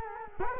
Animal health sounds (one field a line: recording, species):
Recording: mosquito wingbeat signal from an infrared sensor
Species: Culex quinquefasciatus